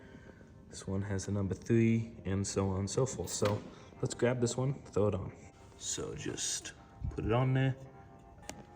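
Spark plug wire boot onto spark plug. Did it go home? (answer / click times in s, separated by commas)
yes / 8.5 s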